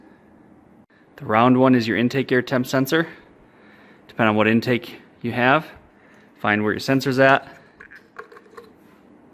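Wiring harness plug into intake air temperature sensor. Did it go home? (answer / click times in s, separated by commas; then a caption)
yes / 8.2 s. Someone talks, then a plastic wiring harness plug is pushed onto the intake air temperature sensor of a KTM 500 motorcycle, with a few small handling knocks around it. The connector clicks and locks into place at 8.2 s, so it is seated.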